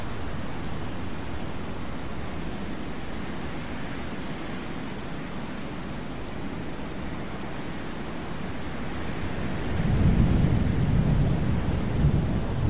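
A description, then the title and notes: A thunderstorm fills the air with a dense, steady wash of rain and low rumble. Around ten seconds a deeper roll of thunder swells up, louder and heavier in the low end, and keeps rumbling to the close. Thunderstorm Sounds. Wind White Noise.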